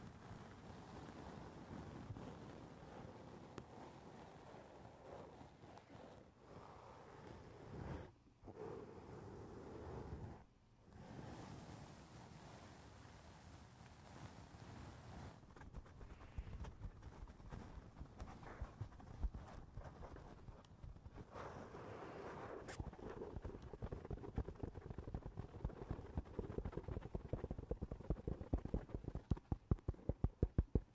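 Fingers rub and squeak down a fogged-up window in a steady dense texture, with brief pauses near eight and eleven seconds, growing louder and choppier toward the end.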